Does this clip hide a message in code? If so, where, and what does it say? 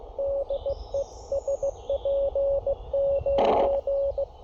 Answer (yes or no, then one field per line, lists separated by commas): yes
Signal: Morse code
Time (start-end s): 0.2-4.2 s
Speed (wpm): 17 wpm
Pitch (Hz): 560 Hz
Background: none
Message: DE SP9